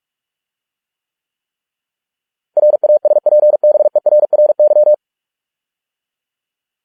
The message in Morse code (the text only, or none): RASPBERRY